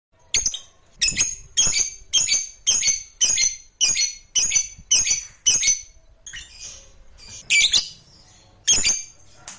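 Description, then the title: Lovebird chirps, a run of shrill harsh notes, a brief pause, then a few more scattered calls. Lovebird sound used to stimulate lovebirds. "Suara Lovebird"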